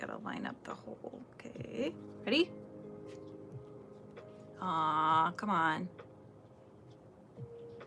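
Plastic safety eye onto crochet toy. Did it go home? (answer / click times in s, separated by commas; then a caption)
no / none. A plastic safety eye is pressed with a tool onto a crochet toy, but it fails to click because the backing was never put on. Someone talks and strains while pressing, with a brief low hum between efforts. Nothing has clicked.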